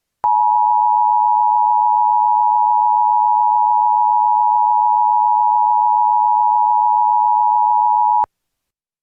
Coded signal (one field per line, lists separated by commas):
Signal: Emergency Alert System (SAME) tones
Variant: 853 and 960 Hz attention tone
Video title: EAS : Local Area Emergency